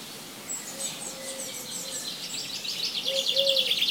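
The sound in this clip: Bird chorus of rapid high chirps that swell into a buzzy trilling burst near the end, with low notes in between.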